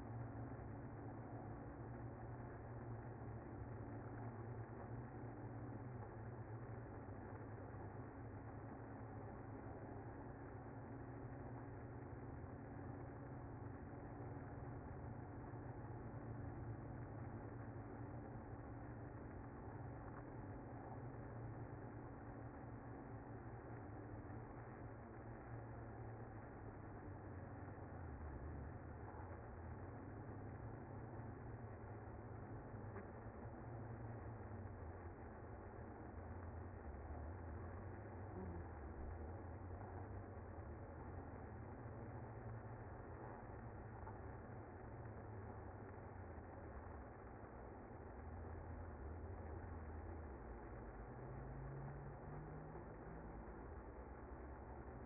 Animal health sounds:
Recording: honeybee colony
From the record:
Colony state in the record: active

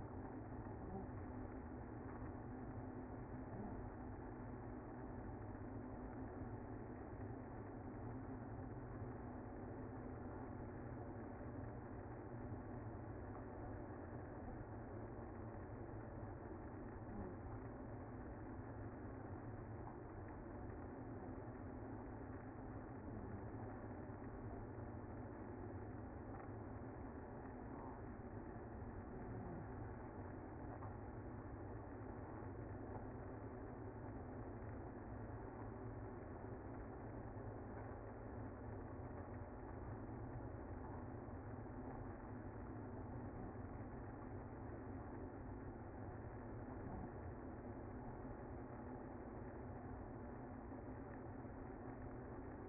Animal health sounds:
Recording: honeybee colony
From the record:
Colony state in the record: active

